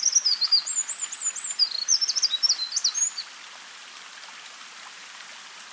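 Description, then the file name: Eurasian wren song: a hurried, shrill string of high twittering notes and trills for about three seconds, followed by steady low hiss. "Troglodytes troglodytes"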